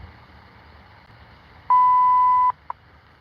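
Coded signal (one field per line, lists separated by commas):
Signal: radio time signal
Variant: WWV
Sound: faint static, then a loud 1 kHz beep near one second long, then a tick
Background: radio static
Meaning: The long 1 kHz tone marks the start of a new minute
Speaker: signal consists yeah this one is a WWV check 5 Mez will be broadcast for several weeks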